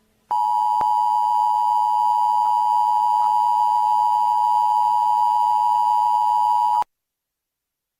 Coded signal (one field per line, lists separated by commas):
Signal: Emergency Alert System (SAME) tones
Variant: 853 and 960 Hz attention tone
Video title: Emergency Alert System